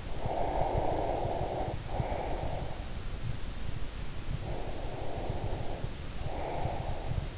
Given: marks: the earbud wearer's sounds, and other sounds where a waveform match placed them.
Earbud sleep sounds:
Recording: sounds in sleep by an in-ear microphone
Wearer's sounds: breath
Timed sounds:
0.07-2.90 s: breath
4.32-7.38 s: breath

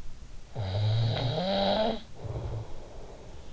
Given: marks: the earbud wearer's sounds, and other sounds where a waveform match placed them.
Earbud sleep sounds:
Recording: sounds in sleep by an in-ear microphone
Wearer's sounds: snoring breath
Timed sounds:
0.19-3.53 s: snoring breath

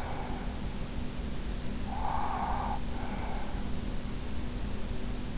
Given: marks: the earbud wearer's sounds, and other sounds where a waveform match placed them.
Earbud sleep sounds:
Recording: sounds in sleep by an in-ear microphone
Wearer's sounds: breath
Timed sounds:
1.89-3.70 s: breath

